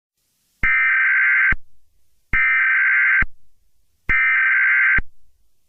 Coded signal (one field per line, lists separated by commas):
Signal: Emergency Alert System (SAME) tones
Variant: header bursts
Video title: Yellowstone Eruption, EAS Scenario